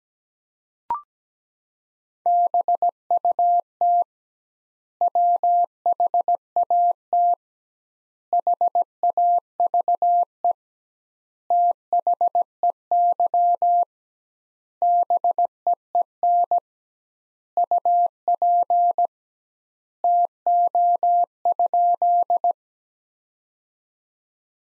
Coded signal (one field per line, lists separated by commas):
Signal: Morse code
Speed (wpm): 17 wpm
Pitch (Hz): 700 Hz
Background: none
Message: BUT WHAT HAVE THEY BEEN UP TO?